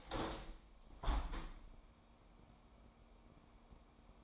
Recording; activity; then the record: daily activity, microphone in the room; open window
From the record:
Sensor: 1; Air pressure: 1000.5 hPa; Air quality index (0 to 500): 182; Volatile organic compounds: 4 ppm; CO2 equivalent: 1676 ppm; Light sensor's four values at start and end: 10/25/10/12 and 11/27/11/13